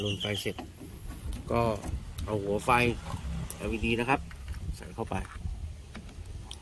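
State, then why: Seated. An LED headlight bulb is inserted into the reverse-light housing of an Isuzu Dragon pickup truck and twisted in while someone talks. A short, sharp click is heard at 6.5 s as the bulb locks into the housing and is seated.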